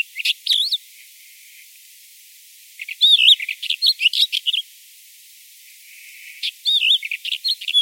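Bird calling in bursts of high, wavy chirps and twittering notes, three phrases separated by pauses of about two seconds.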